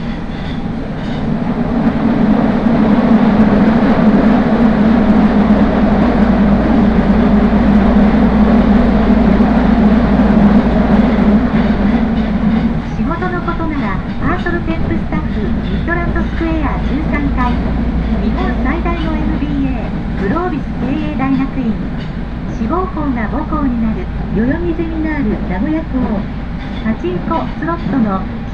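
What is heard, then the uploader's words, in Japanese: Aboard a train on the Aonami and Higashiyama lines, a steady low rumble runs throughout. For the first twelve seconds a loud even whine holds with the running noise, then it drops away and voices take over, talking over the continuing rumble. 鉄道旅 あおなみ線・東山線 金城ふ頭→荒子・高畑→名古屋。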